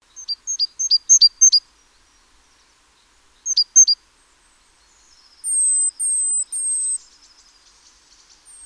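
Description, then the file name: Great tit calls: clusters of short, sharp chipping notes in two bursts, then several thin, high, slightly falling whistles over a soft buzzy rattle. "Parus major"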